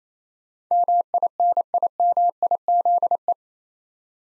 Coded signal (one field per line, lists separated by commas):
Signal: Morse code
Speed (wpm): 28 wpm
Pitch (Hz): 700 Hz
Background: none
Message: MINIMIZE